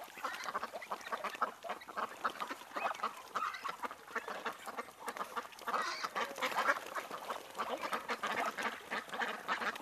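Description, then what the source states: Ducks quacking together in a dense, overlapping chorus, harsh nasal calls pouring out without pause from many birds at once. A flock of ducks.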